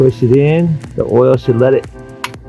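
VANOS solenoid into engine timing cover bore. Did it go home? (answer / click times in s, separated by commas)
yes / 2.2 s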